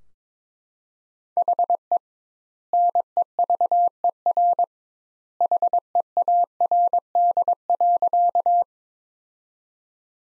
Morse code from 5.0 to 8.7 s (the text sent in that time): HEARD.